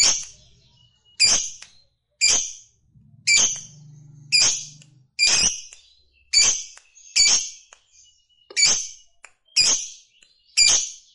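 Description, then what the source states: Lovebird giving sharp, high chirps about once a second, each a bright burst with a fading tail, with a brief low hum in the background. Fighter-type lovebird singing energetically (gacor).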